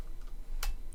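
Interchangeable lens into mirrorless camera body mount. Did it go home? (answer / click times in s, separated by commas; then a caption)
yes / 0.6 s. An interchangeable lens is lined up with the white alignment mark on a mirrorless camera body and twisted on its bayonet mount until it locks. A sharp, bright click at 0.6 s stands out above the quiet background handling. The lens is seated on the mount.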